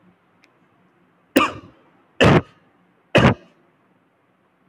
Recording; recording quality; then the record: heavy voluntary cough; excellent, no background noise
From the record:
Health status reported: COVID-19 positive, mild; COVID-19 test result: positive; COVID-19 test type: RT-PCR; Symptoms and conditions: cold, loss of smell and taste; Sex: male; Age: 21 years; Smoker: no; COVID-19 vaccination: both doses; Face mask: not worn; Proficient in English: yes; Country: India